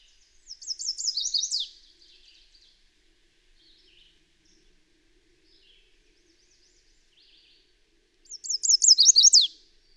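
Bird song: two bright, high twittering phrases of quick repeated notes ending in a downward sweep, one at the start and one near the end, with soft scattered chirps between.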